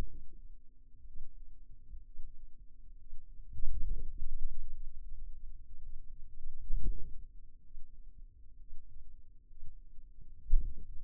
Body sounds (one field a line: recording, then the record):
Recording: forearm muscle sounds (acoustic myography)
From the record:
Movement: wrist extension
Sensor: system 2, bracelet of six BSWA MPA416 microphones around the upper forearm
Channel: 5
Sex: male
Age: 22 years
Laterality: right